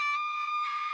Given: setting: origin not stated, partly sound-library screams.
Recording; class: one-second piece from a danger detection set; woman in danger